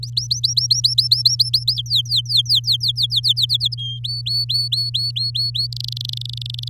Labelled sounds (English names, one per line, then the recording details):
Domestic Canary song
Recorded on 6 May 2018 at 06:17
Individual llb16